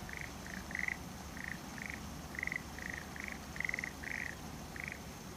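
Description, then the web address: Frog calls: short nasal notes repeated in an irregular series, about two per second, some slightly longer and buzzier, over steady low background hum. "kanakana kaeru"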